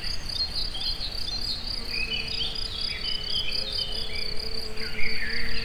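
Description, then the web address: Cricket trilling in fast high pulses throughout, mixed with busy bird twitters and a soft low drone. Recorded in nature at a forest edge near the Eger tourist house, amid assorted sounds. "allathangok termeszetben tucsok mindenfeleazerdoszelen egerturistahaz"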